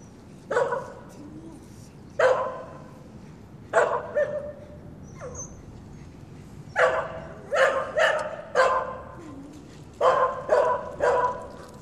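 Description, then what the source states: Dog giving loud, harsh barks, singly at first every second or two, then in quick runs of three or four. Barking in a street at night.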